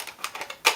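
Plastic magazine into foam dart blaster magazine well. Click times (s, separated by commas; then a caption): 0.7 s. A plastic magazine (clip) is pushed into the magazine well of a modified Nerf Longshot foam-dart blaster with an Angel breech. A few light plastic ticks and scrapes are followed by a louder, sharper click at 0.7 s as the magazine seats in place.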